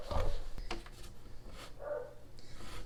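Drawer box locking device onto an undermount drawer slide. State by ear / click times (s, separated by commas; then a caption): seated / 0.7 s. The locking device under a drawer box is grabbed by hand and snapped onto a Blum Movento soft-close undermount drawer slide. It clicks into place at 0.7 s among a few light handling knocks, and the drawer box is seated on the slide.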